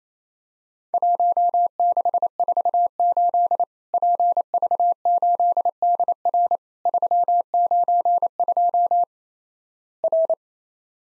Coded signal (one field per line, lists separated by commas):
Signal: Morse code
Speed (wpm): 28 wpm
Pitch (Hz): 700 Hz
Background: none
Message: 1648 PV8DR 392 R